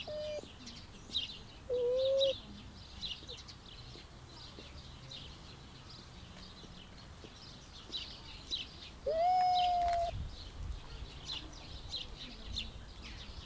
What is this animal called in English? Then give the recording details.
Raccoon Dog. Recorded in captivity. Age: adult. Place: Zoo Halle, Sachsen-Anhalt, DE. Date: 2001-04-09 17:00. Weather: fair, ca. 15°C. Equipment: Nagra SN, Kopie Uher 4000 Report Monitor. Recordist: Tembrock, Günter